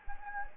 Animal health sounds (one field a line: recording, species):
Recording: mosquito wingbeat signal from an infrared sensor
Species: Anopheles gambiae